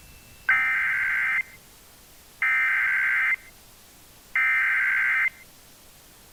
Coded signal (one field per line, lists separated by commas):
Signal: Emergency Alert System (SAME) tones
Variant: header bursts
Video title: EAS #1670 - Flood Warning for Irma on WGCU FM 9-10-2017